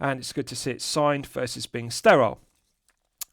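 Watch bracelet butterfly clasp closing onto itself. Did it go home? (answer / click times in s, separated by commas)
yes / 3.2 s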